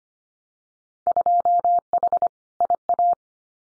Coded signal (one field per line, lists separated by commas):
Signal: Morse code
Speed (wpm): 25 wpm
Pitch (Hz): 700 Hz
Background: none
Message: 2H IA